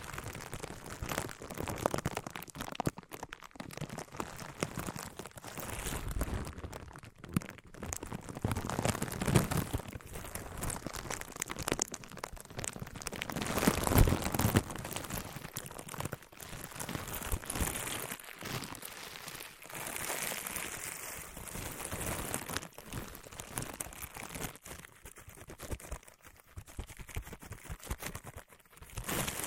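Materials being handled and rubbed against each other, giving a dense, continuous crinkling and crunching texture with fine rapid ticks. The sound swells and thins irregularly, busiest around the middle, and turns sparser and quieter in the last few seconds.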